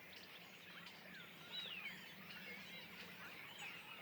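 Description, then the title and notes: Common starlings keeping up a constant babble of whistles and squeaky calls, one clear descending whistle briefly audible amid the crowd. Flock perched in trees beside a pond at Le Louroux, Indre-et-Loire, France; recorded in stereo ORTF with Sennheiser MKH8020 microphones and a MixPre-6 II recorder. "Le Louroux, Loches, Indre-et-Loire, Centre-Val de Loire, France métropolitaine, 37240, France - étourneaux sansonnet dans les arbres. Nuée d'étourneaux posés dans un arbre aux abords de l'étang du louroux"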